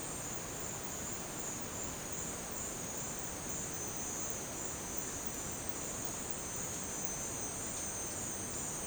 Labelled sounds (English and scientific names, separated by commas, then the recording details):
none
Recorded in dense forest near Puerto Asís, Putumayo, Colombia, on 23 June 2025 at 11:30
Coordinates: 0.484, -76.317
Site G045